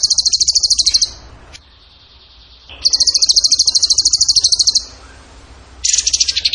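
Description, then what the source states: Bird song: fast, high buzzy trills in bursts of about one to two seconds, separated by short pauses. Training song (masteran) in the tembakan gacor style.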